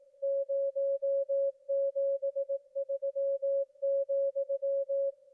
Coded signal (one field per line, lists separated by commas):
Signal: Morse code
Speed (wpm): 18 wpm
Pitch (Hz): 550 Hz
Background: none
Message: 073,